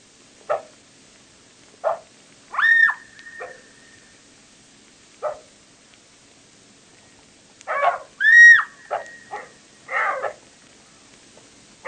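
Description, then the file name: Jackal calls: scattered single yips, broken by two high rising-and-falling wails, with silence between bursts. "zvuki shakala"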